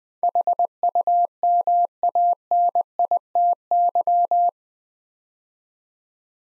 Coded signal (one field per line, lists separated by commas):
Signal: Morse code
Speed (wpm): 20 wpm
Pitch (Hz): 700 Hz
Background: none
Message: HUMANITY